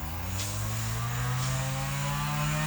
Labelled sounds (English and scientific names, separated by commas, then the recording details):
none
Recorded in secondary vegetation near Puerto Asís, Putumayo, Colombia, on 22 December 2024 at 11:30
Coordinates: 0.499, -76.323
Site G010